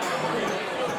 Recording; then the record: coughing mixed with background sound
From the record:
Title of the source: Spring Cold Coughing 3